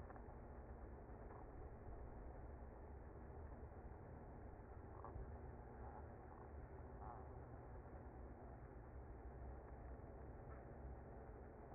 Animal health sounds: honeybee colony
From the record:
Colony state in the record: active

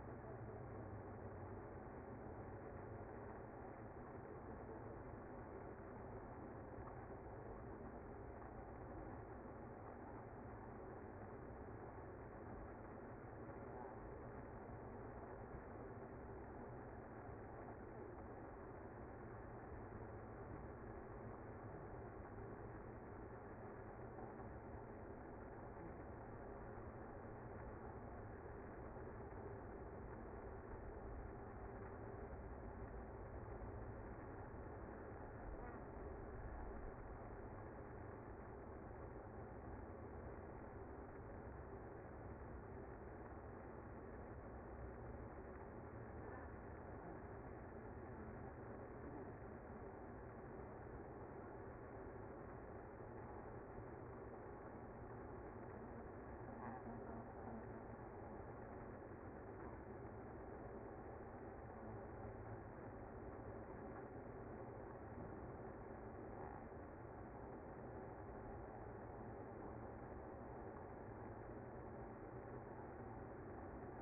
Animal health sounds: honeybee colony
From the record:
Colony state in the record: active

